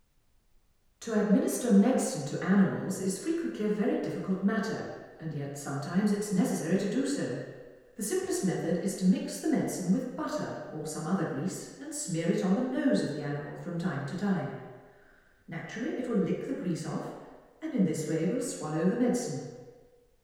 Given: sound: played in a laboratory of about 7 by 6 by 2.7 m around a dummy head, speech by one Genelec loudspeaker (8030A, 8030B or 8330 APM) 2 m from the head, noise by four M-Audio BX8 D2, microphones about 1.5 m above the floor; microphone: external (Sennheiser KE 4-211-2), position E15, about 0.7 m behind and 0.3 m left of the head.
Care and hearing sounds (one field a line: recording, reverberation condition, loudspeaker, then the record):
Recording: female speech in English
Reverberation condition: high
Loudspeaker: 60 degrees to the right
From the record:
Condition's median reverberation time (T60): about 1300 ms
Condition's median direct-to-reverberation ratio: about -4.0 dB